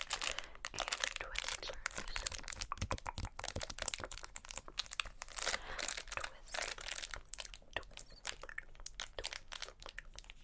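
Candy wrappers crinkle and rustle, with dense, busy handling that never stops across the whole stretch. Sharp bright crackles and quick taps come in rapid irregular bursts, some louder crunches standing out.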